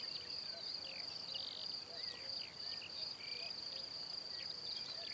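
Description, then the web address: Cricket trilling continuously at a high pitch over hissy background noise. "Kurs PTTK Przyroda Ptaki Świerszcze"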